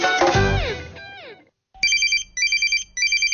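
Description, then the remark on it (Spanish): A telephone rings with a high electronic warble, three loud trilling bursts in quick succession, after a short run of descending swooping tones and a brief silence. “Atención, esta llamada es para usted.”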